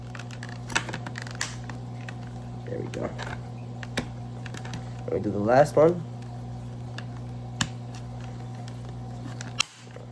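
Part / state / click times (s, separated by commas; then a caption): LED light unit into last aquarium hood clip / seated / 7.6 s, 9.6 s. A Tetra LED light unit is pressed into the last plastic clip of its aquarium hood while someone talks over a steady low hum, with scattered light ticks and handling taps. Sharp clicks land at 7.6 s and 9.6 s as the last hood clip snaps home and the light is seated.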